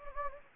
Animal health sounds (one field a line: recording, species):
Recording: mosquito wingbeat signal from an infrared sensor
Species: Anopheles gambiae